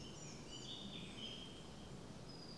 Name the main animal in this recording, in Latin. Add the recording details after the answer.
Sylvia atricapilla. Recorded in Germany. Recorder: ecoPi